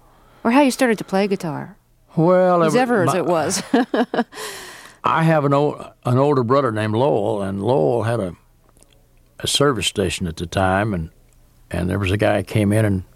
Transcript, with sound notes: or how you started to play guitar.
Well...
Whose ever's it was (laughter).
I have an older brother named Lowell, and Lowell had a service station at the time. And there was a guy who came in